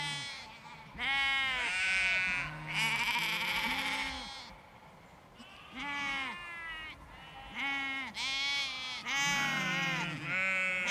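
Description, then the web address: Sheep bleating in a busy chorus, deep wavering bleats overlapping with higher, thinner ones, calls coming in quick succession with brief lulls between bursts. Large flock of sheep with lambs, bleating in a field in the countryside. "Nature Countryside Animals Large Flock Of Sheep Lambs Bleeting In Field"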